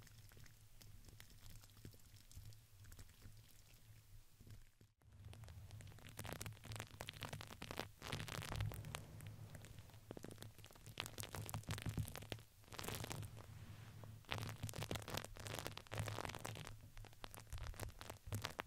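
Dense, crackling crinkles of plastic or paper run throughout, a rapid scatter of tiny snaps and rustles like light rain. A brief silence breaks it near five seconds, and the crinkling grows busier and louder afterward. A low steady hum sits underneath.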